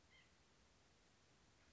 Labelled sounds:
White-breasted Nuthatch (Sitta carolinensis)
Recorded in Sonoma County, California

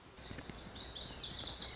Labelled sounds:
Lazuli Bunting (Passerina amoena)
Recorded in Sonoma County, California

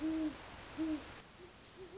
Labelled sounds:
Great Horned Owl (Bubo virginianus)
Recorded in Sonoma County, California

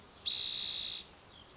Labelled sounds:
Spotted Towhee (Pipilo maculatus)
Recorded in Sonoma County, California

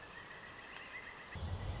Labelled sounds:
Pileated Woodpecker (Dryocopus pileatus)
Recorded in Sonoma County, California

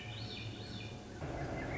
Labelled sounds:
Swainson's Thrush (Catharus ustulatus)
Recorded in Sonoma County, California

